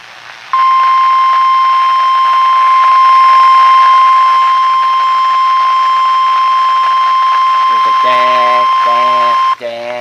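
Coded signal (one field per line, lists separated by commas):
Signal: Emergency Alert System (SAME) tones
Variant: 1050 Hz attention tone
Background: speech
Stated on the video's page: Winter Storm and Blizzard Warning alert tones sounding irregularly on a La Crosse S83301 and an Eton FR-370 weather radio.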